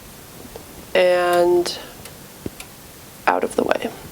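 Someone talks while handling the spring-loaded upper knife of a serger (overlock sewing machine), pulling it to the right and turning it up to swing it out of the way into its disengaged rest position. Brief handling ticks sound near 2.1 and 2.6 seconds, followed by more speech. The clip ends before the knife clicks into its resting position behind, so nothing has seated or clicked yet.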